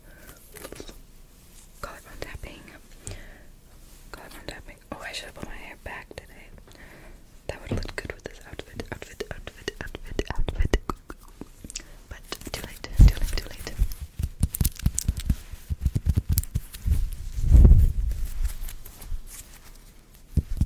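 Dry tapping and scratching of nails and hands, mixed with soft mouth clicks and quiet whispered rambling. Sounds are quick and irregular, growing denser and louder after about seven seconds, with heavy thumps near thirteen and eighteen seconds.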